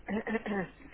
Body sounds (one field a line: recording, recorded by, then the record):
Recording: voluntary cough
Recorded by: telephone call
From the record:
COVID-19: negative